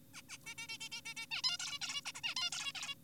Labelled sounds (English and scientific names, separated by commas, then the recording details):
Zebra Finch (Taeniopygia guttata)
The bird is an adult
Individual g4p5U